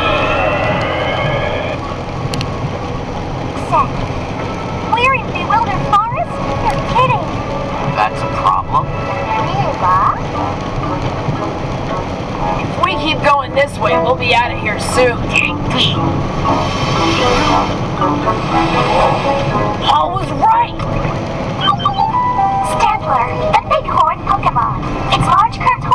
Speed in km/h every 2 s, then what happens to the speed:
100, 101, 102, 103, 102, 103, 104, 106, 109, 109, 109, 109, 109.
0-26 steady at about 104.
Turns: none.